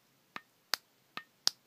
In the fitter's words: They're pretty sturdy. You can hear the clicks, so they're pretty strong.